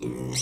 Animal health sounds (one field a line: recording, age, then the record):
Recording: pig call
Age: weaner (32 to 43 days)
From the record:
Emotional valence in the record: negative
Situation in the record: novel object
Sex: female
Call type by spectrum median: high-frequency call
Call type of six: mixed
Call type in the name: high-frequency modulated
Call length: 0.42 s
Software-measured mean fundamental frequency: 208 Hz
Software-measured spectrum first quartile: 274 Hz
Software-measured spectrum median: 2170 Hz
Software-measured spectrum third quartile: 6086 Hz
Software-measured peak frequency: 310 Hz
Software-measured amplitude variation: 84 dB a second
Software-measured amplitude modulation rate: 21.6 a second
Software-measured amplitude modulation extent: 3.9 dB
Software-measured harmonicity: 5.5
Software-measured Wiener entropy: -4.57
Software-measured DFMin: 840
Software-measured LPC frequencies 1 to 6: 337, 2140, 2962, 4093, 5326, 5628 Hz